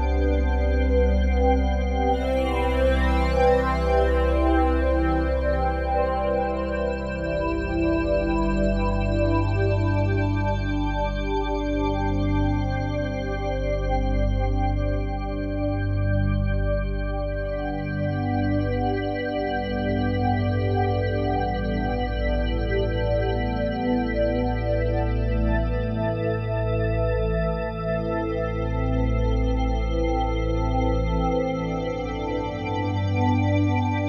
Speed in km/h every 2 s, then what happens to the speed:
121, 121, 121, 121, 121, 121, 121, 121, 121, 121, 120, 121, 121, 121, 121, 121, 121.
0-34 steady at about 121.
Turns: none.